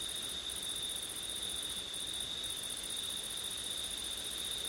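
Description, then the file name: Crickets in constant high, shimmering trills, the upper band briefly dropping out a few times, with faint wind noise beneath. Crickets recorded on a September night with wind; ORTF microphone setup. "crickets wind september night ortif"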